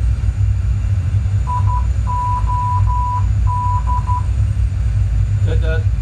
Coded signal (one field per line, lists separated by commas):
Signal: Morse code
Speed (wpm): 12 wpm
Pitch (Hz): 990 Hz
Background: speech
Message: IOD